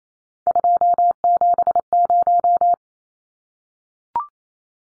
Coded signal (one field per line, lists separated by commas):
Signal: Morse code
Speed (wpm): 28 wpm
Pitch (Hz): 700 Hz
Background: none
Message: 270